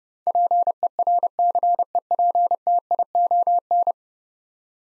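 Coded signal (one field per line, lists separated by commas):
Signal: Morse code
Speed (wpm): 30 wpm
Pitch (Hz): 700 Hz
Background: none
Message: PERCEPTION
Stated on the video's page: Morse practice at 30 wpm sending 10-letter words, each sent twice for head-copy training.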